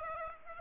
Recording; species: mosquito wingbeat signal from an infrared sensor; Aedes aegypti